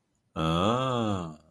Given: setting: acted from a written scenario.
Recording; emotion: vocal sound without words; interest